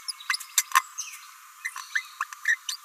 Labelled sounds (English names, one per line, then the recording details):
Green-rumped Parrotlet babbling
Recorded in a nest box in Venezuela
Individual 18B17A4